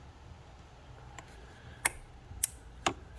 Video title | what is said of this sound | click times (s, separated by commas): 2015 Honda CRV Spark Plug replacement | Hear that? You can hear it snap back into place. | 1.9 s